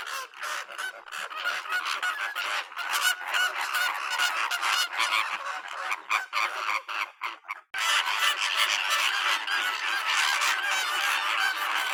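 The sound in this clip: Bird flock honking continuously, many nasal calls overlapping; a brief pause past the middle, then the chorus resumes at full strength.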